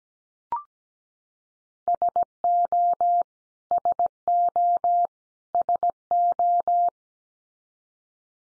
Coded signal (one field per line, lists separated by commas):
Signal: Morse code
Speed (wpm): 17 wpm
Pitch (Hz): 700 Hz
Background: none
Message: SO SO SO